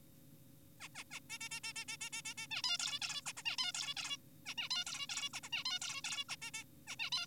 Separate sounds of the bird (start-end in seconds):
0.80-0.88, 0.95-1.04, 1.11-1.20, 1.30-1.38, 1.41-1.49, 1.51-1.60, 1.64-1.73, 1.76-1.85, 1.88-1.97, 2.01-2.10, 2.13-2.22, 2.25-2.34, 2.38-2.47, 2.51-2.62, 2.64-2.78, 2.80-3.00, 3.02-3.22, 3.26-3.33, 3.37-3.43, 3.46-3.56, 3.58-3.72, 3.74-3.94, 3.97-4.17, 4.46-4.54, 4.58-4.69, 4.71-4.84, 4.87-5.06, 5.10-5.29, 5.34-5.40, 5.43-5.50, 5.53-5.64, 5.66-5.79, 5.82-6.02, 6.04-6.24, 6.29-6.36, 6.42-6.51, 6.54-6.64, 6.87-6.96, 6.99-7.10, 7.12-7.26